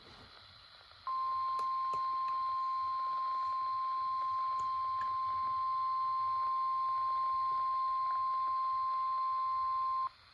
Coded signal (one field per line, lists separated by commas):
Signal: Emergency Alert System (SAME) tones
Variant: 1050 Hz attention tone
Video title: EAS 285 - Severe Thunderstorm Warning